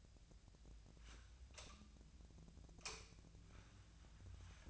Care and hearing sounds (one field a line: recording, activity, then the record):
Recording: daily activity, microphone in the room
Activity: light on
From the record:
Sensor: 2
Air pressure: 1009.6 hPa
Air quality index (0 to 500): 181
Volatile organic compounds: 10 ppm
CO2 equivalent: 2256 ppm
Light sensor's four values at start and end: 26/63/27/30 and 32/83/35/37